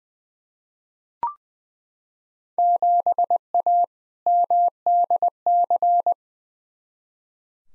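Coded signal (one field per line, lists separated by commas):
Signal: Morse code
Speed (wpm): 20 wpm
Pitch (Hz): 700 Hz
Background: none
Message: 7A MDC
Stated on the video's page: Randomly selected Field Day exchanges sent in Morse at 20 wpm as head-copy practice, each sent, spoken, then sent again.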